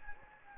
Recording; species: mosquito wingbeat signal from an infrared sensor; Anopheles gambiae